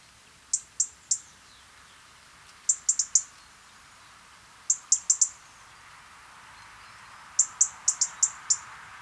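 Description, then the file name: European robin uttering high, dry ticks in clusters of three to five, clusters every two to three seconds. "Erithacus rubecula"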